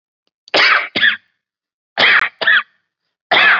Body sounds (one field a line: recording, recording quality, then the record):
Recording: shallow voluntary cough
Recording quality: excellent, no background noise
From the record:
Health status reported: COVID-19 positive, moderate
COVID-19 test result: positive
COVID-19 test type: rapid antigen test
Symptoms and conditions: cough, sore throat, fever, hypertension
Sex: male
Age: 55 years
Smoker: no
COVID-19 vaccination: both doses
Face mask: worn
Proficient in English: yes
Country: India